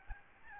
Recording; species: mosquito wingbeat signal from an infrared sensor; Aedes albopictus